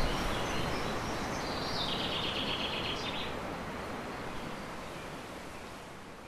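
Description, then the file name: Common chaffinch song, a quick trill that drops in pitch and ends with a brief flourish, half-buried under strong blustery wind noise. Recorded in wind on 7 May 2011 with an MZ-N710 recorder. "vent et pinson 7 05 11"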